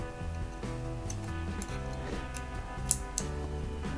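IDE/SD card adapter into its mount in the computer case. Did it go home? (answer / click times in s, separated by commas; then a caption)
yes / 2.9 s, 3.2 s. An IDE-to-SD-card adapter is pressed into its mount inside a Power Mac G3 case over steady background music with melodic tones. Two sharp snaps ring out at 2.9 s and 3.2 s as the adapter clips into place and seats.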